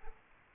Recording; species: mosquito wingbeat signal from an infrared sensor; Aedes aegypti